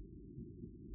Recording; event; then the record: neck accelerometer signal played as sound; no cough (speech, laughter, throat clearing or background)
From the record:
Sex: female